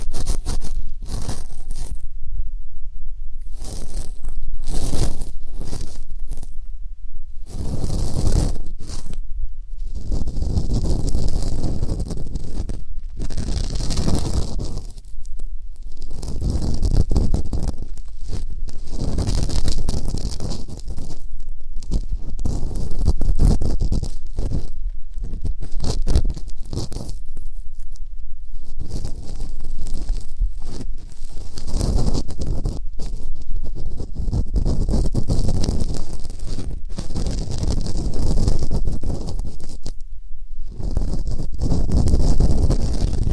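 Ear cleaning ASMR with dense, continuous scratching and rubbing, low muffled rumbles, bright crackly bursts, and brief pauses around every few seconds.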